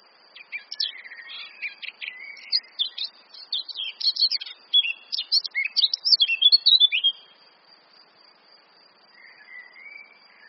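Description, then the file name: Eurasian blackcap singing a lively, rapid warble of chirps and whistles for several seconds, then falling silent apart from faint, soft notes. "Sylvia atricapilla"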